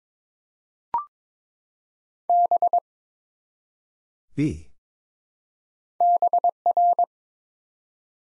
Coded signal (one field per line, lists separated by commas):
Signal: Morse code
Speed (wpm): 22 wpm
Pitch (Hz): 700 Hz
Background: none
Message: B BR